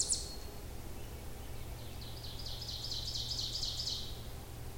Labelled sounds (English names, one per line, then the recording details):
Ovenbird song
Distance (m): 45 m
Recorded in boreal forest in Alberta, Canada, on 26 May 2016 at 06:08
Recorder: SongMeter 3, array SBT-3-15
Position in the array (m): 47 m, 284 m
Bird 20